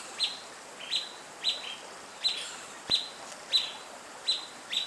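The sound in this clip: Bird calls: short high sharp notes, each dropping quickly, repeated roughly every half second to second in a steady series over a faint hiss.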